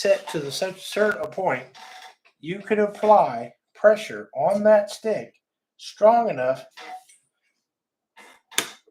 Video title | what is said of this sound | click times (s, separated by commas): You CAN Build your own PC! Cheap PC part build for learning. | for that arm to come over by itself now see the one side went but the other side's not | 8.6 s